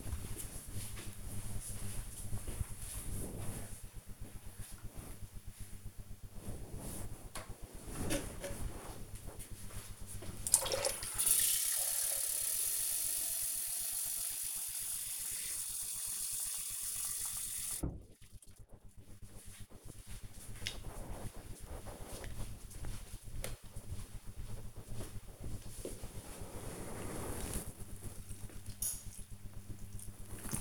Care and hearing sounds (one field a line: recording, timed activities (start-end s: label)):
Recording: household activities, microphone on the right wrist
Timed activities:
6.86-30.61 s: watering plant